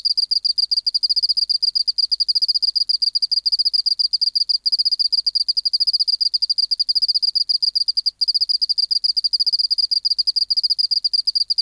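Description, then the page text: Oceanic field cricket song, a long steady stream of rapid high pulses with two tiny gaps, clean and uninterrupted by other sounds. Recorded in the BMNH Acoustic Laboratory, 19 March 1984, 11:15 local time, 24 °C, 30% humidity, still air, dim light. "Teleogryllus oceanicus. BioAcoustica. Natural History Museum Sound Archive. Recording Location: BMNH Acoustic Laboratory Recorded by: W. J. Reynolds Date Recorded: Mandag, marts 19, 1984 Local time: 1115"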